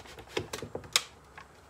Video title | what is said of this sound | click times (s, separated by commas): Cutting A Small Circle With the Milescraft Circle Guide Kit | There we go. Now it's clicked in place. | 1.0 s